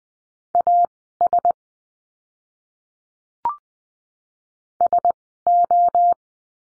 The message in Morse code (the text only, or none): AS SO